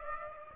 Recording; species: mosquito wingbeat signal from an infrared sensor; Aedes aegypti